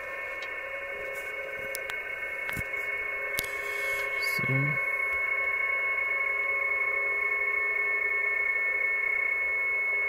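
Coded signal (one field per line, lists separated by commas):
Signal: PSK31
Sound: several faint steady warbling tones in hiss, strongest near 2.2 kHz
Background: radio static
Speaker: merke ich dass die Stationen etwas leiser [Applaus] werden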